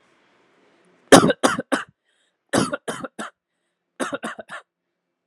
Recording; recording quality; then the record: shallow voluntary cough; excellent, no background noise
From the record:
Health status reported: respiratory illness, not identified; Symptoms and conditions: asthma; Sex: male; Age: 23 years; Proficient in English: yes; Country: India